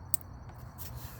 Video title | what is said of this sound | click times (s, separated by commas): honda accord cam sensor location | place it over the camshaft sensor and push it down until it clicks, | 0.1 s